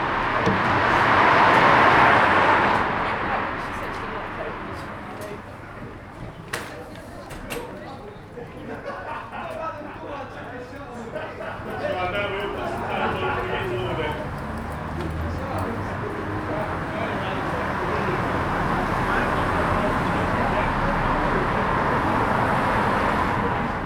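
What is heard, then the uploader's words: Traffic passes along a street while people gather at a bar across the way, their voices forming a steady babble throughout. A vehicle swells loudest in the first few seconds, then fades, and a few sharp clicks or knocks appear around six to eight seconds. Street bar, part 3. Captured on a Friday evening on the street outside a small bar. Traffic is passing by as people are gathering in a bar opposite.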